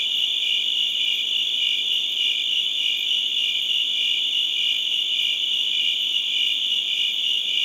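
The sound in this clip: High, rapid cricket chirps merging into a continuous trilling chorus, steady in level from start to end.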